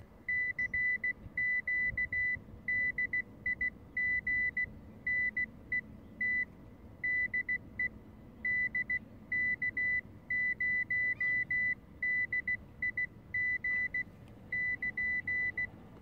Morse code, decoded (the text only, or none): CQ DIGNET DE DK0DIG <KN>